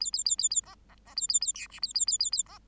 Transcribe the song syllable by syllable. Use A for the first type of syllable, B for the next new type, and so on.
A A A A A B B B A A A C D A A A A A B